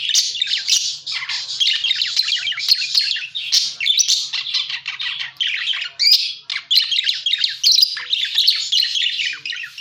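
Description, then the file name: Parakeet squawking and chirping continuously, harsh and busy, with a faint low hum underneath. Lure sound used for catching birds. "pancingan suara burung parkit"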